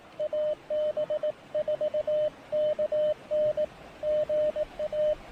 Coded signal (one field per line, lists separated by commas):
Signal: Morse code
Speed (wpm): 18 wpm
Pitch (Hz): 590 Hz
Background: radio noise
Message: AB4KN GA